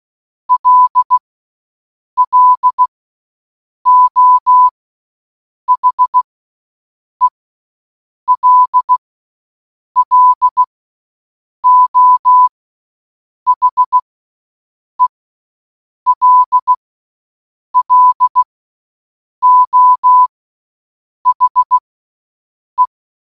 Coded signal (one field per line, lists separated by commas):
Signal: Morse code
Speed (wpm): 16 wpm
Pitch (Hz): 1000 Hz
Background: none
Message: LLO HELLO HELLO HE